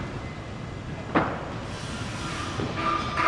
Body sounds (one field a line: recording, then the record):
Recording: background sound without coughing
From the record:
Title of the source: 30 MINUTES Construction Site Ambience (CC BY 4.0)